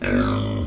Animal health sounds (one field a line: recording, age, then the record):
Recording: pig call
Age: growing-finishing pig (85 days or more)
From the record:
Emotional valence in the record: negative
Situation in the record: barren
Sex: male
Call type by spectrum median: low-frequency call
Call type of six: low-frequency modulated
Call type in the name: low-frequency modulated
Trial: 2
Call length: 0.67 s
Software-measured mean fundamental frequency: 50 Hz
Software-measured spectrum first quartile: 189 Hz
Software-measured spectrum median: 386 Hz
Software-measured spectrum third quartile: 1134 Hz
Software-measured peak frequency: 246 Hz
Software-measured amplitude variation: 97 dB a second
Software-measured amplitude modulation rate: 34.9 a second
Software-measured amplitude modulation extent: 2.8 dB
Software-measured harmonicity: -0.7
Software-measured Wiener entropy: -1.81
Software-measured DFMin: 1051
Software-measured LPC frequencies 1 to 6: 339, 1406, 2452, 3400, 4897, 6087 Hz